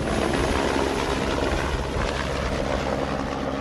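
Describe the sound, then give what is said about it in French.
A helicopter arriving to pick up a crew bound for a glacier drilling site at the Argentière glacier roars steadily, its dense engine noise layered over a rapid low rotor thump that stays loud and even throughout, with no voices. “Voilà l'hélicoptère.”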